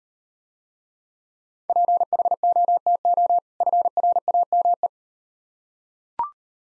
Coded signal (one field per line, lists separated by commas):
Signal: Morse code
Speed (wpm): 38 wpm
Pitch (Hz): 700 Hz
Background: none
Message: PHOTO FRAME